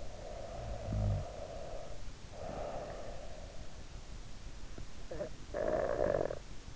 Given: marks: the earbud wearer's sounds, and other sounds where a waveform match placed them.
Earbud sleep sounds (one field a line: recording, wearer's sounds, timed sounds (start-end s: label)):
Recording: sounds in sleep by an in-ear microphone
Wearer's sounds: snoring breath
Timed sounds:
0.05-3.74 s: snoring breath
4.72-6.76 s: snoring breath